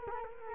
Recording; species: mosquito wingbeat signal from an infrared sensor; Culex quinquefasciatus